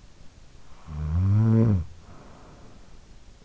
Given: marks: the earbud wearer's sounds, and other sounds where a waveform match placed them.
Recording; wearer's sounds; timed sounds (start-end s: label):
sounds in sleep by an in-ear microphone; snoring breath
0.29-3.39 s: snoring breath